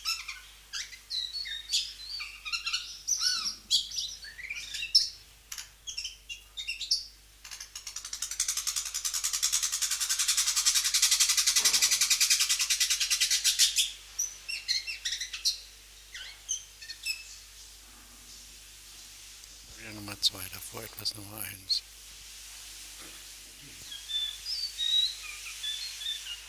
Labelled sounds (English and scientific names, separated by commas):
Javan Whistling-Thrush (Myophonus glaucinus) song